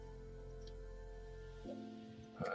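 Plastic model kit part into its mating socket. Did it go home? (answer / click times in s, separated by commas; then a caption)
no / none. A plastic model kit part is pressed toward its mating socket, but it has not seated or clicked yet. A steady, tonal background hum runs throughout, with a faint tick at 0.7 s, a shift in the hum's tone around 1.7 s, and a louder burst of handling noise near 2.4 s.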